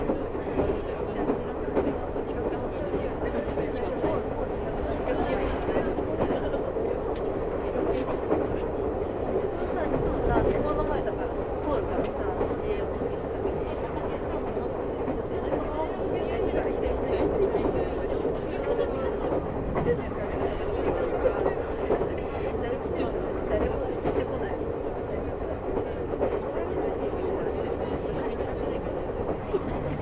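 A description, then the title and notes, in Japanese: A ride on the Meitetsu Mikawa Line from Hekinan to Chiryu: a steady, dense rumble of the running train with a droning low hum throughout. Small clicks and rattles come and go irregularly, and faint voices may sit beneath the noise. 名古屋鉄道 三河線（海線）碧南→知立。通学ラッシュになってました。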